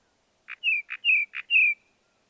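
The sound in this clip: Northern mockingbird song: three paired phrases, each a short burry note followed by a longer downslurred whistle.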